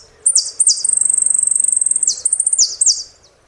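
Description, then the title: Saffron finch song: a loud, fast trilled phrase of high buzzy notes, opening and closing with sharp downslurred notes. "Jilguero Argentino"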